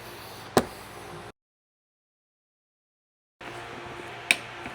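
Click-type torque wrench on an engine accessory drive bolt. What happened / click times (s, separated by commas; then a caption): The torque wrench clicked at its set torque / 4.3 s. A click-type torque wrench set to twenty-two tightens a bolt in the accessory drive tensioner and pulley area of a Jeep Gladiator 3.6 engine. A sharp knock at 0.6 s stands out over low background noise, then a full silence follows from about 1.3 s to 3.4 s. The wrench gives its crisp click at 4.3 s, confirming the bolt has reached the set torque and the step is done.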